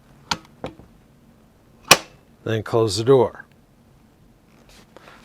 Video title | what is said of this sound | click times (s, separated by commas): Litheli U20 Brushless Pressure Washer | towards the handle side and push it into place until you hear it click. | 0.3 s, 1.9 s